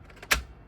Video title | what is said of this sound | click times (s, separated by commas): Sony FD-200 Mavika @avtransfersUK | And it'd give you a nice satisfying click, | 0.3 s